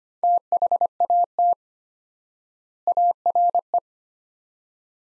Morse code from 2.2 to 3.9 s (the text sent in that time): ARE